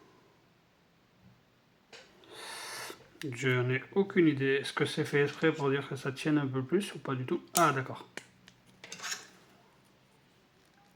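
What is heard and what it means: A plastic clip-on part of a newly unboxed scale-model tool is handled and forced toward its clip mount on the tool frame while someone talks, with light rubbing and small plastic knocks, including brief taps around 8.5 to 8.9 seconds. The clip ends before the part goes home; nothing has seated or clicked yet.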